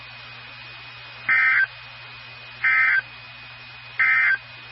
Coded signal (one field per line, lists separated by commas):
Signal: Emergency Alert System (SAME) tones